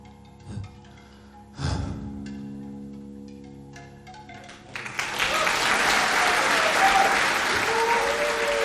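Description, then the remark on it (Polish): A music track ends with a couple of soft piano-like notes, then loud, sustained audience applause for a live performance on Polish Radio Trójka breaks out and continues steadily with dense clapping to the end. “No tych oklasków było naprawdę mnóstwo, ale nic dziwnego.”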